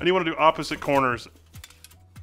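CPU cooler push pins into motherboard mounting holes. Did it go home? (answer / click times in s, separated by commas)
yes / 1.6 s, 1.8 s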